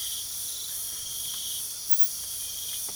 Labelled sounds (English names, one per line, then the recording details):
none
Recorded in pastures near Puerto Asís, Putumayo, Colombia, on 8 March 2025 at 01:00
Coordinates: 0.497, -76.327
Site G072